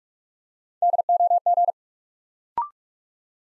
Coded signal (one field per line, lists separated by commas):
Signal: Morse code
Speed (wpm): 44 wpm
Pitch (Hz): 700 Hz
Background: none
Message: DOG